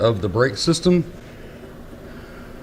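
Someone talks briefly while a trike's emergency brake is being handled, with its ratchet about to engage the first detent. After the talking stops around 1.0 s, only a low, steady background remains. Nothing has clicked or seated yet.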